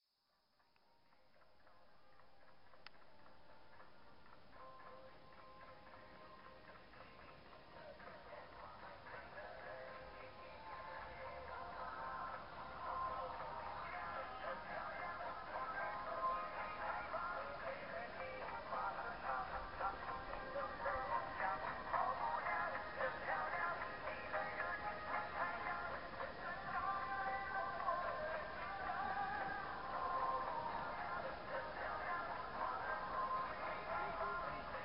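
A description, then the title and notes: Music plays from a radio at a vendor's stall, thin and tinny with little bass. It fades in from silence and grows gradually louder over the first twenty seconds, then holds steady, sounding distant and slightly muffled, with faint talk-like sounds mixed in. China - music from distant radio. Distant music on a radio at a vendor's stall near a temple on Mt. Emeishan, near Leshan, China.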